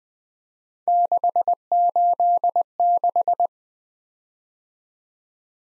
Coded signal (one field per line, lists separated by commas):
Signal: Morse code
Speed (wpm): 20 wpm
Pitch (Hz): 700 Hz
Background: none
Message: 686